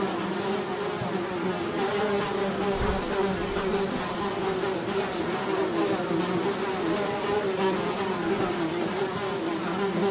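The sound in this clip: Fly: flies buzzing steadily and continuously, a droning hum with layered tones that holds at an even level throughout, with a faint dull thump near the three-second mark.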